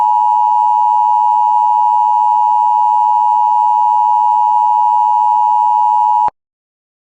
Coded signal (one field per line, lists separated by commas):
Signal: Emergency Alert System (SAME) tones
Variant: 853 and 960 Hz attention tone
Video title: For stacy stevens: Required Weekly Test for Cass, ND, and Clay, MN, on WeatherScan 24/7 (EAS #485)